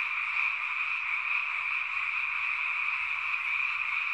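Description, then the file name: Frog chorus: unbroken, even layers of many calling frogs blending into a constant drone. "kaeru"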